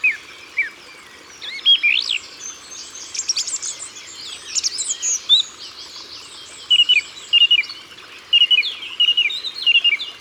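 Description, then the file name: Song thrush song: scratchy varied notes, then a short whistled motif repeated several times in quick succession. Ardèche, France. "Grive-Musicienne-Concerts-Naturels-De-l Ardeche"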